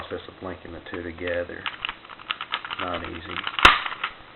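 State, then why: Not seated. Someone talks while two die-cast and plastic vehicle modules of an old Godaikin Sun Vulcan combining robot toy are handled, with the joint of one module being worked into the second vehicle. Small clicks, scrapes and rattles come through, including a sharp knock near the end. The part has not snapped or seated yet when the clip ends.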